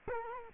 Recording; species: mosquito wingbeat signal from an infrared sensor; Culex quinquefasciatus